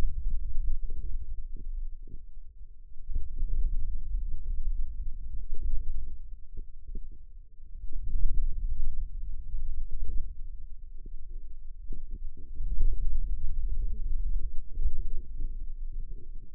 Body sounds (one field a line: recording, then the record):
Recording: forearm muscle sounds (acoustic myography)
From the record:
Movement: hand closing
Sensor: system 2, bracelet of six BSWA MPA416 microphones around the upper forearm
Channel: 6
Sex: female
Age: 21 years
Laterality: right